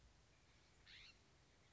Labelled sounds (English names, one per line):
California Scrub-Jay